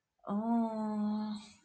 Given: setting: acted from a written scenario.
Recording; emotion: vocal sound without words; shame